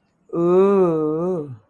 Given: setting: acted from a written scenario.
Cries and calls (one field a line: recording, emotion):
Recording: vocal sound without words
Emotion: romantic love